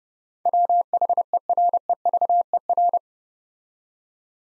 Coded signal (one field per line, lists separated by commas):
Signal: Morse code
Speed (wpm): 30 wpm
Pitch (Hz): 700 Hz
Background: none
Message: WHEREVER